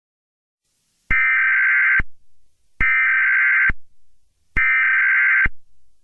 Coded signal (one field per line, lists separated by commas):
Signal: Emergency Alert System (SAME) tones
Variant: header bursts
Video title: EAS Scenarios #74-77: The Protagonist (Full EAS Story)